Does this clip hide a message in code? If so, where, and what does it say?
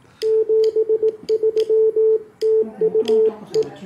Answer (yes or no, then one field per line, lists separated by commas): yes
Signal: Morse code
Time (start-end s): 0.2-3.6 s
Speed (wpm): 18 wpm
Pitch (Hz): 440 Hz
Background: radio noise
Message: 73 TU E